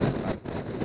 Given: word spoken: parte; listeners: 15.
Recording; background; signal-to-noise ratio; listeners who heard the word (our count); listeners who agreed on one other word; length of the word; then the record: one Spanish word in noise, from a listening test; noise modulated by three-talker babble; -7.5 dB; 0 of 15; 6 of 15; 0.45 s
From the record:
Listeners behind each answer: 6, 2, 1, 1, 1, 1, 1, 1, 1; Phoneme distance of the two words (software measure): 30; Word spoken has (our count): 2 syllables, 5 phonemes, stress on syllable 1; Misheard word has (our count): 2 syllables, 5 phonemes, stress on syllable 1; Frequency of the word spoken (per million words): 975.03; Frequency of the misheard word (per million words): 38.18